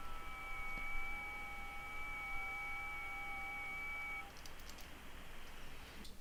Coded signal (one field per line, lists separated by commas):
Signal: FT8